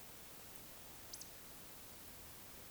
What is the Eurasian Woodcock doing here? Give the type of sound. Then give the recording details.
whistle. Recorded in Baden-Württemberg, Germany, on 20 May 2021 at 19:51 UTC. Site 24606, 635 m above sea level